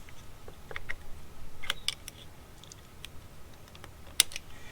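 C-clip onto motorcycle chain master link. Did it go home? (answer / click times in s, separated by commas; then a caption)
yes / 4.2 s. A steel C-clip (spring clip) is fitted onto the master link pins of a motorcycle drive chain, with a few light metallic ticks and scrapes as it is worked on. At 4.2 s it snaps on with a sharp, bright click, and the clip is seated.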